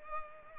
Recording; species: mosquito wingbeat signal from an infrared sensor; Culex pipiens